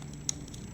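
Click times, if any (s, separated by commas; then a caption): 0.3 s. A Fujifilm FinePix Z70 compact digital camera has its MP45 lithium-ion battery released from the battery compartment: the small retaining tab is slid and the battery springs out. One sharp, loud click is heard at 0.3 s, with faint ticks around it. The battery pops out of its latch.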